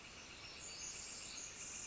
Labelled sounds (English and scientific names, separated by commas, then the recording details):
Northern Flicker (Colaptes auratus)
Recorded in Sonoma County, California